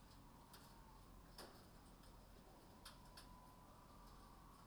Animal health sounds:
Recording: poultry house recording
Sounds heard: healthy chickens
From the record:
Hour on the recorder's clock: 21

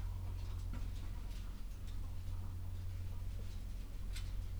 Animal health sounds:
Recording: poultry house recording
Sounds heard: sick chickens (respiratory disease)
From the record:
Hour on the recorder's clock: 11

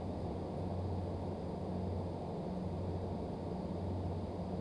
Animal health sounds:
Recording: poultry house recording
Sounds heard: no chicken sound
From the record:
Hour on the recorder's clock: 22

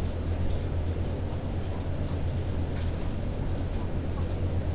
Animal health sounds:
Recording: poultry house recording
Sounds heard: healthy chickens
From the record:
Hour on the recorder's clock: 0

